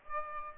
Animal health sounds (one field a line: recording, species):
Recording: mosquito wingbeat signal from an infrared sensor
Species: Aedes aegypti